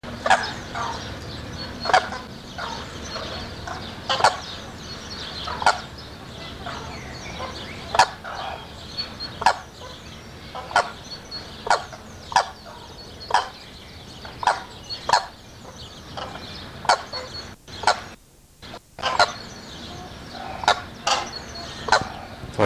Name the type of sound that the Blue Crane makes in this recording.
call